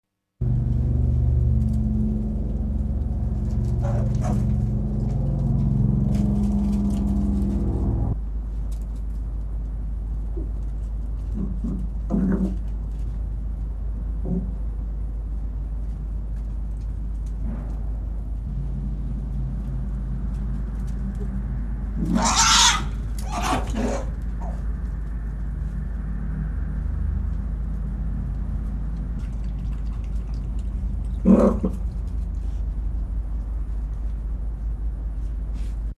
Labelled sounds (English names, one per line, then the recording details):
Arctic Fox
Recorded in captivity
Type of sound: growling, grumble, snarling
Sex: female
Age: adult
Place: Zoologisches Institut der HUB, Berlin, DE
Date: 1956-11-19 17:30
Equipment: Elmetra
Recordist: Tembrock, Günter
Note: Fuchsanlage: "Nina": zweimal Knurren bei Futterverteidigung (einmal mehr stoßend, dann kontinuierlicher); Knätschknurren mit Crescendo (Szene nicht beobachtet), Stoßknurren (Szene nicht beobachtet). Während bzw. nach der Fütterung